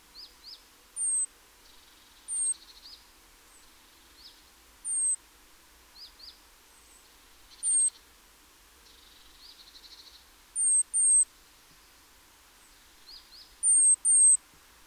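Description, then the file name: Great tit calls: sharp paired chip notes and high falling whistles scattered throughout, with occasional harsh buzzy churrs between them. "Parus major"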